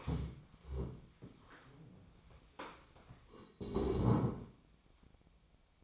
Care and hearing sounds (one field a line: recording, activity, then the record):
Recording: daily activity, microphone in the room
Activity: stand up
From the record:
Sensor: 1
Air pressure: 1000.5 hPa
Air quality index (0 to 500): 176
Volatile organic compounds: 4 ppm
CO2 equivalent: 1629 ppm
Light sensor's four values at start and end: 12/28/12/13 and 12/29/12/13